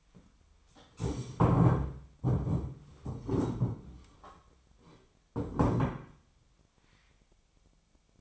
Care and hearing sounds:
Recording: daily activity, microphone in the room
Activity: stand up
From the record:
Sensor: 1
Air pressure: 1008.1 hPa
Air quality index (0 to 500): 191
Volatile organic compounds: 17 ppm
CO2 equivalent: 2581 ppm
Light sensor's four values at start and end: 13/34/13/15 and 13/33/13/15

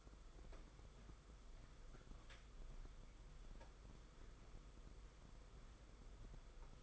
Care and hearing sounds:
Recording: daily activity, microphone in the room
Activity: walk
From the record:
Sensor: 5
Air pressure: 990.9 hPa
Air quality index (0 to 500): 149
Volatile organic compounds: 156 ppm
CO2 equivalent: 4048 ppm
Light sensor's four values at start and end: 40/124/47/51 and 40/124/47/50

